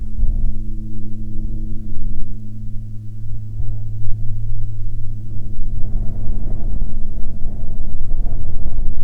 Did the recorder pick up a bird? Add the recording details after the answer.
no. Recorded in the Prudhoe Bay oil fields, Alaska, on 11 July 2019 at 12:50. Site 14